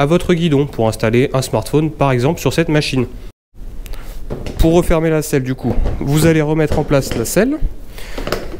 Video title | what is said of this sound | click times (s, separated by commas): PRISE EN MAIN TRIUMPH SPEED TWIN 1200 - PASSION RIDES | enfoncé et surtout appuyé fortement derrière jusqu'à entendre un claque voilà elle est bien verrouillé | 8.3 s